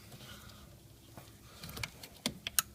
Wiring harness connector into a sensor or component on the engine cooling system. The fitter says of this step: Just plug that in until you hear it click.